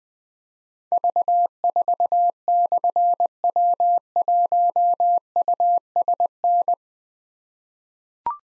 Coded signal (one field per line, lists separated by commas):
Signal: Morse code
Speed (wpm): 20 wpm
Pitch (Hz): 700 Hz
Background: none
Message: V4/W1USN